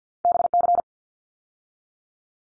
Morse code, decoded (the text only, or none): BC